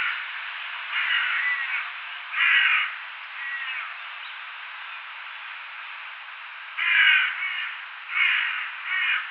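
Crow giving harsh, hoarse caws in short bursts, a few near the start and three more toward the end, over a steady background hiss.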